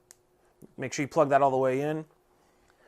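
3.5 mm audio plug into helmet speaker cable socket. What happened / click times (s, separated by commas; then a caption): The small audio plug snapped into its socket / 0.1 s. The 3.5 mm female audio lead from a Cardo Freecom 2x/4x intercom base is pushed into the helmet speaker cable socket and snaps into place with a short, sharp click at 0.1 s, seating fully. Someone then talks, with faint small clicks at about 0.6 s and 2.7 s.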